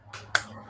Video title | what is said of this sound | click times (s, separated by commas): Lamborghini Aventador LP 700-4 Part 3 | Satisfying clicks on there. | 0.4 s